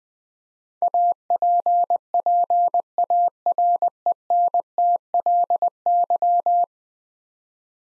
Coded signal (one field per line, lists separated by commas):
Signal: Morse code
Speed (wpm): 20 wpm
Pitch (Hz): 700 Hz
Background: none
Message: APPARENTLY